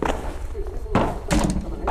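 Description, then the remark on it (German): A door at a border control post in Konstanz is shut with a heavy, solid thud, followed a moment later by a second clunk as it settles, over a low, steady background rumble. “Los, hier ist die Tür.”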